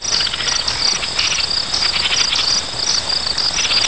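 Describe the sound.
Insects chirping in a dense, continuous high-pitched chorus of rapid pulsed trills that overlap steadily throughout.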